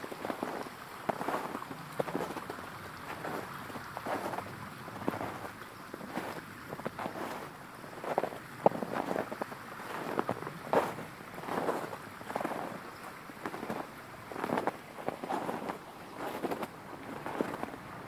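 Boots crunch through snow in a steady walking rhythm, about one step per second for the whole stretch. Underneath, the flowing creek keeps up a constant rushing hiss. A couple of faint, brief chirps slip in around the middle.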